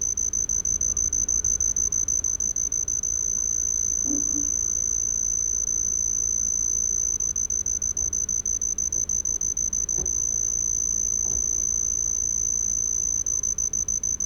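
Homoeoxipha lycoides cricket giving a continuous thin, high trill that runs almost unbroken throughout, over faint low background hum and a few soft clicks.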